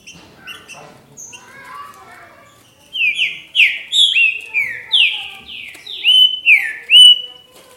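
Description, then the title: Green-winged saltator: after a few seconds of soft chatter, a loud series of about ten downslurred whistled notes. "Trinca Ferro"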